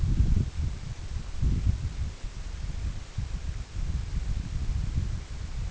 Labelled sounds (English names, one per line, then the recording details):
none
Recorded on Arctic tundra, site EABA-1, on 21 June 2018
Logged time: 02:00